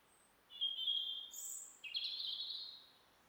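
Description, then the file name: European robin song: a long, thin, even whistle, then a very high trill and a lower rising, warbling phrase, bright and clear over faint hiss. "Erithacus rubecula"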